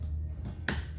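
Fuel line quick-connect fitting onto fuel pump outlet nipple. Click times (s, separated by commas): 0.7 s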